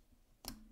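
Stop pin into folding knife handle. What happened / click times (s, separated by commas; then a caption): The small metal pin seated in its hole / 0.5 s. While reassembling a Kunwu Pulsar folding knife, the stop pin is worked into its hole in the handle. After quiet low rustling, a sharp, bright click hits at 0.5 s, leaving a faint low ring. The stop pin is seated.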